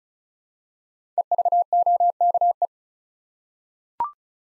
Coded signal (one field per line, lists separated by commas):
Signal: Morse code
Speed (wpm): 36 wpm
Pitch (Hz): 700 Hz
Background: none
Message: EVOKE